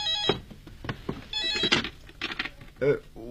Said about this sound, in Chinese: 他刚走进经理室，突然办公桌上的电话铃响了。 老师傅，老师傅， 来了来了来了，什么事儿啊？ 你来接个电话。